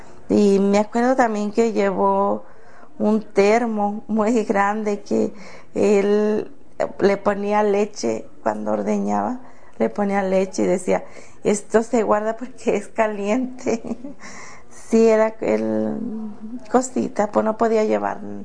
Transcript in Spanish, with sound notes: Y me acuerdo también que llevó un termo muy grande que él le ponía leche cuando ordeñaba, le ponía leche y decía: “Esto se guarda porque es caliente”. (risas) Sí, era él… Cosita, pos no podía llevar